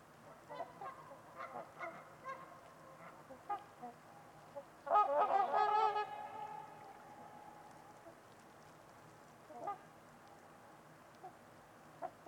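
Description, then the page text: Trumpeter swans trading scattered honks, with one loud, drawn-out trumpeting bout in the middle, then fewer, softer calls. Trumpeter swans at Winters Lake in a deep valley, recorded on a winter evening amid deep silence and distant white noise. "Trumpeter Swans on a Winter's Eve. Wind Is the Original Radio. Nick-Mc Mahan Winters-Lake-with-Swan. A coveted silence drenches the deep valley. Winter at it’s finest"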